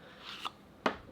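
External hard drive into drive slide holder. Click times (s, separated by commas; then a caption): 0.9 s. A small external hard drive is pushed into a drive slide holder. After a soft rubbing slide and a faint tick near 0.5 s, a sharp click at 0.9 s marks the drive locking into place.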